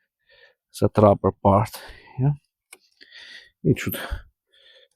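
Someone talks while refitting the power steering pump wiring harness on a Mini Cooper (R50, R52, R53), pushing the plastic connector with its rubber part toward its mating socket/holder. Only faint, brief handling ticks are heard between the talking. The connector has not seated or clicked into place yet.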